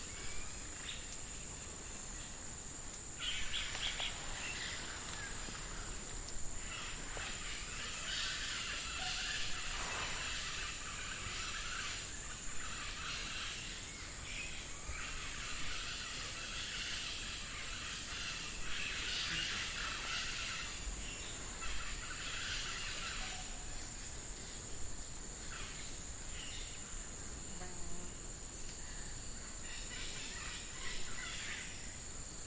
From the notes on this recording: Binaural recording of Rainforest atmosphere (21:05 PM) recorded in Tambopata National Reserve, Perú